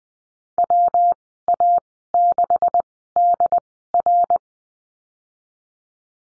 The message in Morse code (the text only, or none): WA6DR